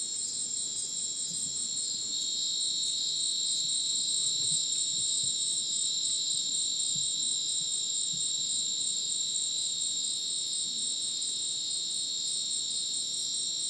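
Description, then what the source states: Cricket chorus, steady and high-pitched, with many trills layered together and faint low ticks scattered beneath. Dense rainforest at Ucumari, Madidi National Park, Bolivia, after sunset; very dense insect chorus like a polyrhythmic electronic concert; AT BP4029 microphone, MixPre 6 recorder.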